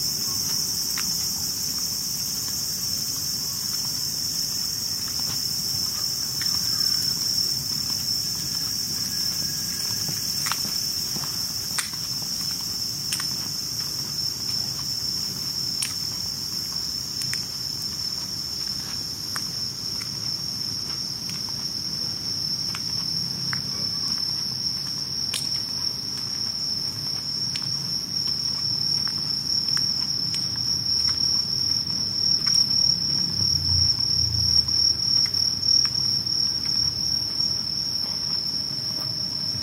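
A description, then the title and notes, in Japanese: Insects sing through a summer night walk, a dense, steady high trilling of crickets that never lets up. Short clicks and ticks break in now and then, and a soft low rumble runs underneath, swelling briefly near the end. とある夏の夜歩き。今回は夜近所を歩いてみました。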